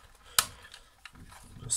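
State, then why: Seated. The transparent plastic part of the capsule chamber assembly on a Nespresso Pixie XN304 / EN124 coffee machine is refitted into the machine frame. It gives a sharp click at 0.4 s, and a softer burst of handling noise follows near 1.7 s. The part is seated in place.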